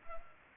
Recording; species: mosquito wingbeat signal from an infrared sensor; Culex pipiens